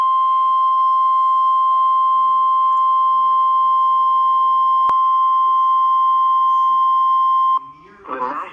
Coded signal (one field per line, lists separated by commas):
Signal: Emergency Alert System (SAME) tones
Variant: 1050 Hz attention tone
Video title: NOAA Weather Radio EAS Alert #32 (Tornado Warning)